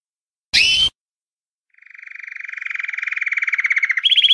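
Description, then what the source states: Canary song: a short bright burst, a pause, then a fast rolling trill that steadily grows louder and ends on a higher trilled phrase. A champion canary.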